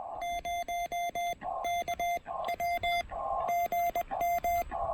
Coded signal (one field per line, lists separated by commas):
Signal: Morse code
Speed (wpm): 21 wpm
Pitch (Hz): 690 Hz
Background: none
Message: 0KW GM